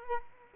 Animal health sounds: mosquito wingbeat signal from an infrared sensor; Culex quinquefasciatus

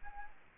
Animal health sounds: mosquito wingbeat signal from an infrared sensor; Aedes aegypti

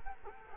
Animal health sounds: mosquito wingbeat signal from an infrared sensor; Culex quinquefasciatus

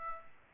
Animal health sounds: mosquito wingbeat signal from an infrared sensor; Aedes aegypti

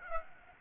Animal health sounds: mosquito wingbeat signal from an infrared sensor; Aedes aegypti

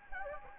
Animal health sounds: mosquito wingbeat signal from an infrared sensor; Anopheles gambiae

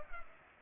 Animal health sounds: mosquito wingbeat signal from an infrared sensor; Culex pipiens

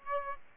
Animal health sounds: mosquito wingbeat signal from an infrared sensor; Aedes aegypti

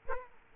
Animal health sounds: mosquito wingbeat signal from an infrared sensor; Aedes aegypti

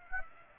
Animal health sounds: mosquito wingbeat signal from an infrared sensor; Aedes aegypti

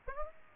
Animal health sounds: mosquito wingbeat signal from an infrared sensor; Aedes aegypti

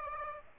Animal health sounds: mosquito wingbeat signal from an infrared sensor; Aedes aegypti

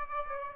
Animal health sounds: mosquito wingbeat signal from an infrared sensor; Aedes aegypti

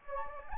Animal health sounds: mosquito wingbeat signal from an infrared sensor; Anopheles gambiae

